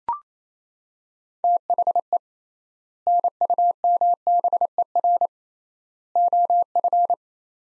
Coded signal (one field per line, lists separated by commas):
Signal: Morse code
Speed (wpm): 28 wpm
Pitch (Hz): 700 Hz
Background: none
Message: THE NUMBER OF